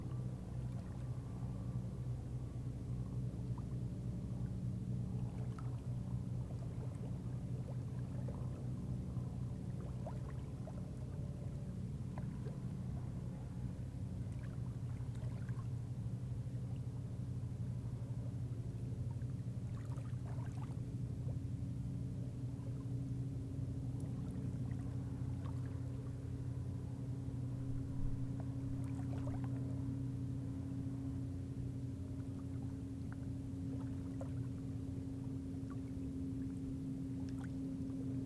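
At a park shoreline overlook, a steady low engine drone, likely a boat out on the water, hums through the whole recording, its tone shifting slightly after the midpoint. Scattered light ticks and taps come and go over the constant rumble.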